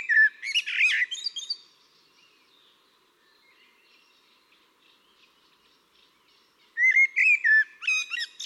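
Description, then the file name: Eurasian blackbird song with two warbled phrases: a flourish of fluty notes and squeaks, a few seconds of near silence, then another whistled phrase begins. "Turdus merula"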